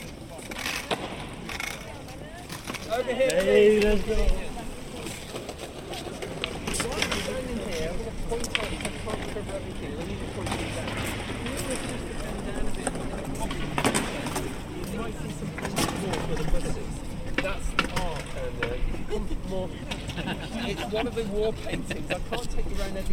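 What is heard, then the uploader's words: Skateboarders roll and clatter around a busy university square while students and tourists talk. Wheels rumble low and steady across the paving, broken by sharp knocks and board slaps every few seconds. A louder voice rises briefly near four seconds over the crowd murmur. University Square: Skateboarders, students and tourists. We’re looking across University Square towards the sculpture of St Michael and the Devil, as skateboarders move around us. The recordings were captured using a binaural microphone between January and April 2022.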